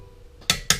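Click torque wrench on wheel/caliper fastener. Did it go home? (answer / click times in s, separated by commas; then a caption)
yes / 0.5 s, 0.7 s. A click-type torque wrench set to a hundred tightens a wheel or caliper fastener on a Ford Fiesta ST during a mountune brake pad fit. A loud, sharp double click is heard at 0.5 s and 0.7 s as the wrench releases at its setting, showing the fastener has reached the set torque.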